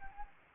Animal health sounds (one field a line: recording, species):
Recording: mosquito wingbeat signal from an infrared sensor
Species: Anopheles gambiae